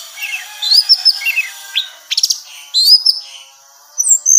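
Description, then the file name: Orange-headed thrush song: varied high whistled and chirping phrases in short bursts, with a quick run of sharp notes midway and a thin whistle near the end. Female; recording meant for therapy or training. "suara terapi anis merah betina"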